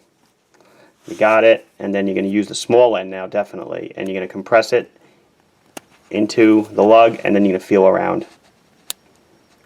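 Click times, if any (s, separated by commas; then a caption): 8.9 s. Someone talks while a watch spring bar is compressed with the small end of a spring bar tool and fitted between the watch case lugs, then felt around. At 8.9 s the metal bar tip snaps into the lug hole with a sharp click, and the spring bar is seated.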